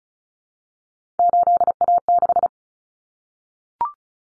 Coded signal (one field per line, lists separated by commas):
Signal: Morse code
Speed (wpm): 34 wpm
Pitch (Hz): 700 Hz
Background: none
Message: 8A6